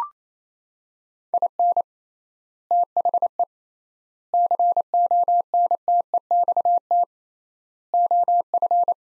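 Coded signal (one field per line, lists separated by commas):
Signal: Morse code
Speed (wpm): 27 wpm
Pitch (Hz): 700 Hz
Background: none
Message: IN THE CONTEXT OF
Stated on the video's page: Morse practice of four-word sets at 28 wpm with 3x word spacing, a Farnsworth-like method, each set sent, spoken, then sent again.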